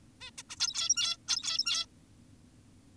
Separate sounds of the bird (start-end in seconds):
0.21-0.31, 0.38-0.43, 0.50-0.56, 0.60-1.17, 1.28-1.86